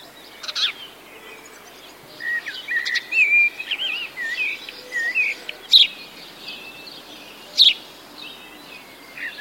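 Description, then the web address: Birds chirping, a run of twittering, warbled notes in the middle with sharp high clicks, several birds overlapping above steady background noise. Birds singing in a grove during the warm season. "sonido del canto de los pajaros en un bosquecillo durante la estacion calida"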